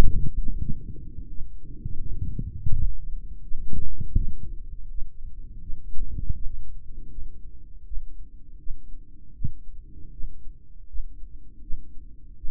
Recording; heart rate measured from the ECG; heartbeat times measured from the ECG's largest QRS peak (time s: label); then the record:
heart sounds by microphone in the right ear; 82 bpm
0.61 s: heartbeat
1.30 s: heartbeat
2.01 s: heartbeat
2.73 s: heartbeat
3.44 s: heartbeat
4.17 s: heartbeat
4.91 s: heartbeat
5.63 s: heartbeat
6.36 s: heartbeat
7.12 s: heartbeat
7.87 s: heartbeat
8.60 s: heartbeat
9.35 s: heartbeat
10.13 s: heartbeat
10.89 s: heartbeat
11.63 s: heartbeat
12.38 s: heartbeat
From the record:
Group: healthy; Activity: rest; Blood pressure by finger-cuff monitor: 137/100 mmHg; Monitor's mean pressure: 111 mmHg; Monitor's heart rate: 80 bpm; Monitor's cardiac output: 3.7 L/min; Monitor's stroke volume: 46 mL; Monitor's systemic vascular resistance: 2300 dyn s/cm5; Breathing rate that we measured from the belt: 22 breaths a minute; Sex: male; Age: 55 years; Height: 167 cm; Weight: 57.2 kg